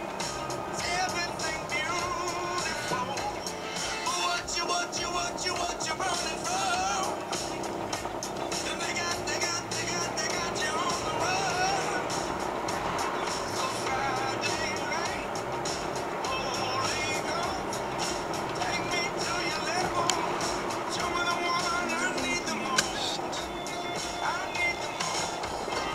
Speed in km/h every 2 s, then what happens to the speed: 28, 21, 7, 9, 17, 30, 42, 44, 45, 46, 43, 36, 23.
0-4 brakes to 7. 5-18 speeds up to 46. 18-26 slows to 23.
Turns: 2-7.